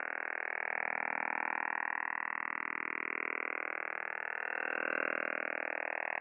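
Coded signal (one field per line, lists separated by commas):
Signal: radar signal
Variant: Kontayner over-the-horizon radar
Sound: continuous rapid buzzing rasp across wide band, fast regular pulses with slowly shifting tone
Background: radio static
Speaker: container transmits between 6.1 and 32 megahertz at all times of the day so the next time you're monitoring the HF bands be sure to listen out and remember it's not the woodpecker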